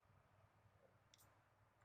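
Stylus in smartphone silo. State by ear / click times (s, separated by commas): released / 1.1 s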